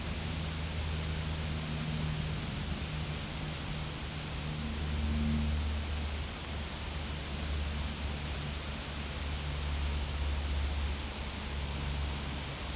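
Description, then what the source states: Insects make a shrill high-pitched drone in three stretches with short breaks, stopping after eight seconds, leaving only low rumbling hum. Recorded in a field.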